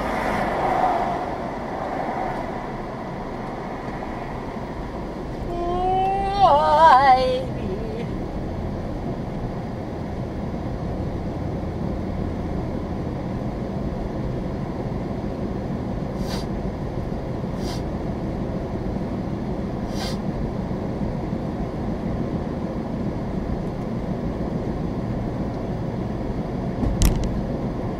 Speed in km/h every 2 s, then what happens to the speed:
8, 6, 13, 19, 27, 32, 39, 42, 44, 44, 45, 47, 47, 48.
2-15 speeds up to 44. 15-28 steady at about 45.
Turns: none.